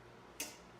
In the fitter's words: you click it in between them and make sure you hear that click. So here's the click.